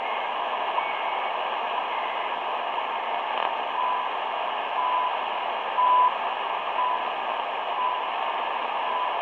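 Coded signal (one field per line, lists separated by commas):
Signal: radio time signal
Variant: CHU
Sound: faint 1 kHz ticks each second, one longer beep, under heavy static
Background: radio static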